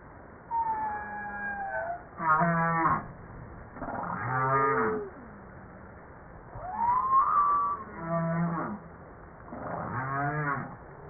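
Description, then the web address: Humpback whale song, alternating pulsed groans and rapid buzzy units in repeated bursts, with a higher descending whistle at the start, over steady underwater noise. Recorded 5 March 1994 at 09:52; from a 2013 JASA publication. "pub JASA 2013 Blue Bowhead Fin Humpback Southern Right Whale humpback-01 940305-0952"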